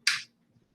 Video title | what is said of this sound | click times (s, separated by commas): System Session - Matterport | until you hear it click and then you kind of just check it to make sure it's good and secure on there | 0.1 s